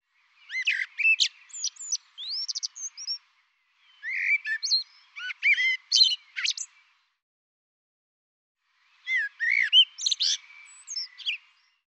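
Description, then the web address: Bird song in rapid chattering phrases mixing clicks, upslurred whistles and squeaky notes. Three bursts with quiet gaps. "cianscape birddata Deverinetal 2025 Bird Tu Me Tu Me"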